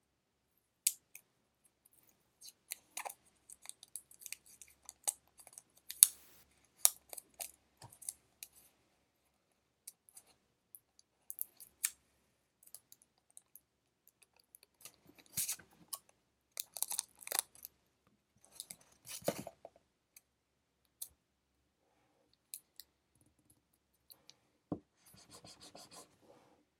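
A pencil scratches and taps across paper in short, crisp, irregular strokes separated by silent gaps. Busier clusters of writing come around the middle, roughly 15 to 20 seconds, and a quick run of fine scratching closes the final seconds.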